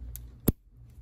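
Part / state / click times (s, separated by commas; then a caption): Ethernet cable plug into computer Ethernet port / seated / 0.5 s. An Ethernet RJ45 plastic plug is pressed into the port on the back of the computer, giving a sharp click at 0.5 s that shows the plug is seated. A fainter tick comes just before at about 0.2 s, over a low steady hum.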